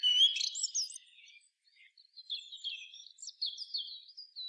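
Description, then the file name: Common blackbird gives a quick, high warbled phrase, followed by a softer series of thin squeaky twitters. "Turdus merula"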